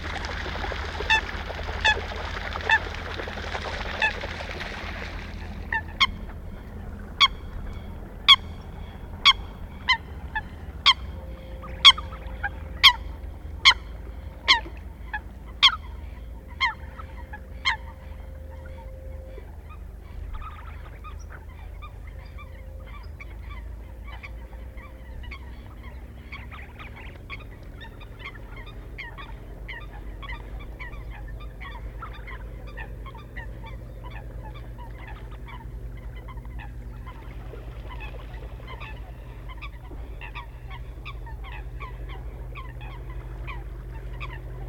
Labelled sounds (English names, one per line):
Eurasian Coot call